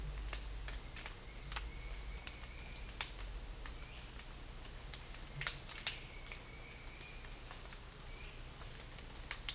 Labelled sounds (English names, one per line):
none